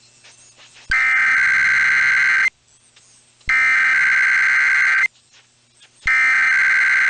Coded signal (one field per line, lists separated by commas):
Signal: Emergency Alert System (SAME) tones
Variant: header bursts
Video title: 97.3 The Fan Join The Weekend Tests (EAS #21946-21950) 8/24-25/24